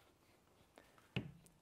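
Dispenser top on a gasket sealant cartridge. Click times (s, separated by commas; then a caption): 1.2 s. The top of an RTV gasket maker dispenser on a gasket sealant cartridge, used for a Renault Clio rocker cover refit, is turned clockwise. Faint ticks at about 0.8, 1.0 and 1.5 s surround a sharp, loud click at 1.2 s. The top has clicked into place, after which the trigger pops up.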